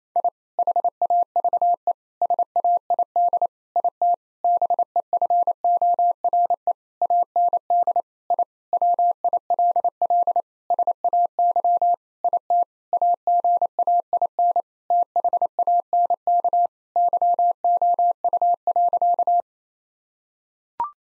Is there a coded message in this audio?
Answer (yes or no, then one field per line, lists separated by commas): yes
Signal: Morse code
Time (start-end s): 0.2-19.4 s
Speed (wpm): 28 wpm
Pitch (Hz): 700 Hz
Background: none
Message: I HAVE SAID IT BEFORE AND I WILL SAY IT AGAIN THANK YOU.